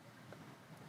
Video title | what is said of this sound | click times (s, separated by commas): Ironman 4x4 RAID Front Winch Bumper Suited For 4th Gen 2024+ Toyota Tacoma - Install Guide | that clicks right into there like that | 0.3 s